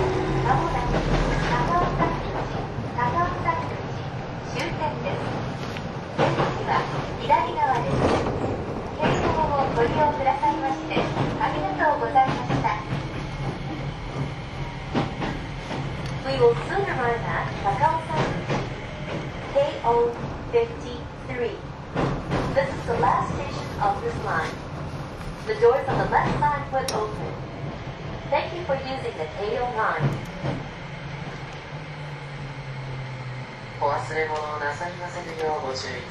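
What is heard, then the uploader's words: A train runs with a steady low rumble and frequent sharp clacks, while voices talk over it almost constantly throughout. 京王5000系 ＂Mt TAKAO(マウント高尾)-01号＂. 新宿～高尾山口. The Keio 5000 series is a commuter vehicle that can also be used as a paid train. It is a train running sound (still image) of "Mt TAKAO-01", which is the fastest train of the vehicle.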